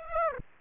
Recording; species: mosquito wingbeat signal from an infrared sensor; Aedes aegypti